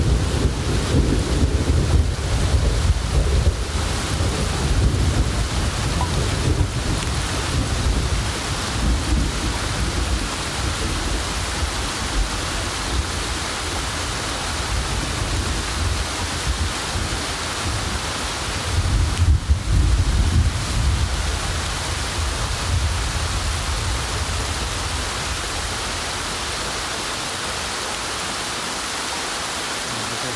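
Steady rain hisses through a thunderstorm, a dense, even wash over a deep rumbling base. Low thunder rolls heavily through the first few seconds, fades, then swells again around nineteen to twenty seconds before easing back under the constant rainfall.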